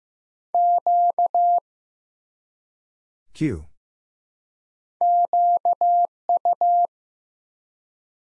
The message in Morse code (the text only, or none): Q QU